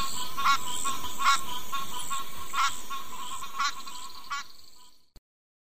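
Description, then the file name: Bibron's grass frog calling: short pulsed, rasping notes repeated roughly every second against a steady hiss of background noise, ending abruptly. "Ptychadena bibroni"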